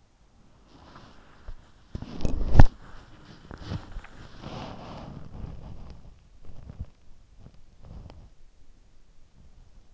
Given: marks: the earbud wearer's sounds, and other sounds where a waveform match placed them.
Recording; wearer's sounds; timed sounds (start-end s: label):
sounds in sleep by an in-ear microphone; body movement
0.00-9.03 s: body movement